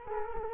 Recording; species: mosquito wingbeat signal from an infrared sensor; Culex quinquefasciatus